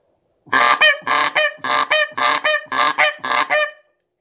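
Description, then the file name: Canada goose honking steadily: seven loud, nasal, two-part honks repeated roughly every half second in an even series. "канадская-казарка"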